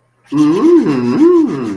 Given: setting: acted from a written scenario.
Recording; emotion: vocal sound without words; interest